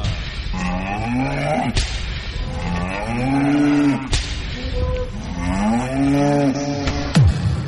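A cow moos about four times in a row, each call a long, loud, droning low bellow that bends in pitch, with brief pauses between and no talking.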